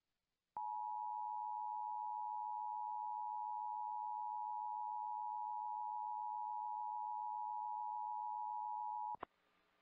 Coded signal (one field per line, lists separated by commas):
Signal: Emergency Alert System (SAME) tones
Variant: 853 and 960 Hz attention tone